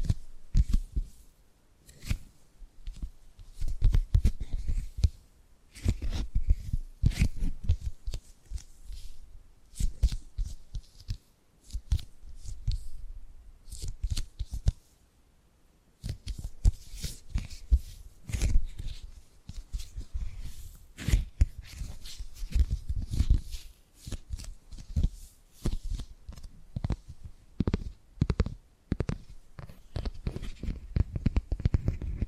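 Tapping and gripping sounds come in quick, irregular bursts throughout, with sharp clicks and softer rubbing scrapes running into one another. The dull low thumps are frequent and dense, broken by short pauses, including a near-silent gap around fifteen seconds.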